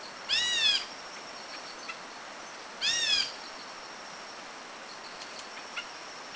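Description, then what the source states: Philippine bulbul giving harsh, harmonic calls, two about two and a half seconds apart and a third starting at the end, with faint ticks between. Recorded at Kitanglad, Philippines, in 2010.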